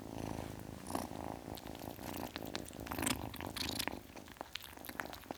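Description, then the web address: Domestic cat purr, rough rhythmic rumbling that weakens in the last second, with light clicks and rustles. Ten-week-old domestic kitten, purring. "BBC Sound Effects Library Cats Ten Week Old Kitten, Purring"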